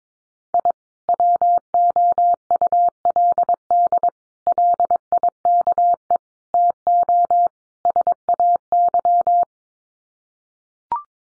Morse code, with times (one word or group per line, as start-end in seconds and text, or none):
0.5-0.7 I
1.1-4.1 WOULD
4.5-6.2 LIKE
6.5-7.5 TO
7.8-9.4 SAY